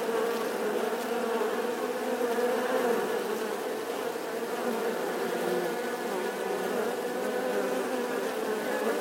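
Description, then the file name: Wasps humming together in an unbroken, even drone of many wingbeats, without pauses. Wasp swarm buzzing outside the nest. "Tieng bay ong vo ve ngoai to"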